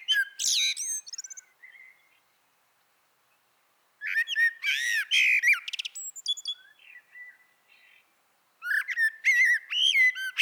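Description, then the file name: Common blackbird song: warbling whistled phrases broken by high, squeaky twitters, in three phrases separated by pauses. "Turdus merula"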